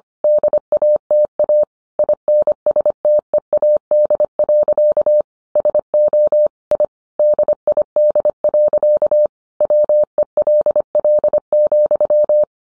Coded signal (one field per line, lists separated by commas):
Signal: Morse code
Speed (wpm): 25 wpm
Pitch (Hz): 600 Hz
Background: none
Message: DATA INSTEAD. SO I DID. WELL,